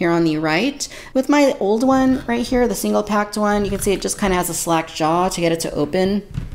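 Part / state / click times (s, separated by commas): Mosasaurus figure lower jaw into its hinge detent / not seated / none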